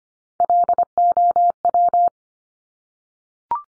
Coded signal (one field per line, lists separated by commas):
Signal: Morse code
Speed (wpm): 25 wpm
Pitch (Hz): 700 Hz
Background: none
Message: LOW